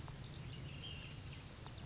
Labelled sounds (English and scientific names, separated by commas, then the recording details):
Ash-throated Flycatcher (Myiarchus cinerascens)
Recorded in Sonoma County, California